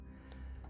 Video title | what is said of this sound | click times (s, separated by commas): Part 2: ACTION PLASTICS - Acrylic Star Wars 3.75 Vehicle Stands 🤯👌 | Satisfying click. | 0.3 s